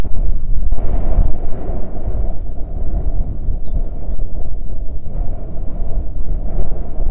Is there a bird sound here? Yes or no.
yes